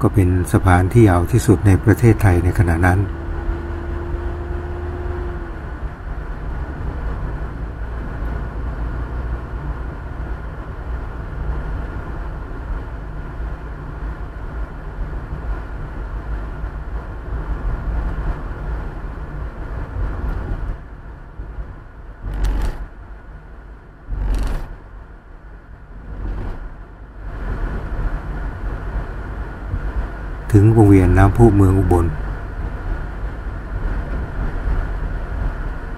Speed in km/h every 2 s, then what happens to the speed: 42, 43, 45, 45, 46, 47, 46, 45, 46, 45, 44, 42, 42, 40, 37, 34, 31, 30.
0-17 steady at about 45. 17-36 slows to 30.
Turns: none.